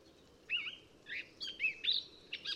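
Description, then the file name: Eurasian blackcap singing a short run of fluty, slurred whistles that rise and fall, with brief pauses between each phrase and a faint hum underneath. "Sylvia atricapilla"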